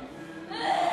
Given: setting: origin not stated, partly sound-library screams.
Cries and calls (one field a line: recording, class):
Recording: one-second piece from a danger detection set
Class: woman in danger